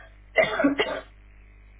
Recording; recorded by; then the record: voluntary cough; telephone call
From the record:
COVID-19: negative